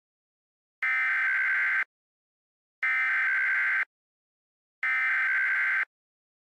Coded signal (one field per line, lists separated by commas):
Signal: Emergency Alert System (SAME) tones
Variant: header bursts